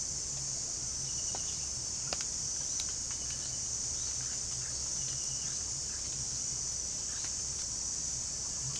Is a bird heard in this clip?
yes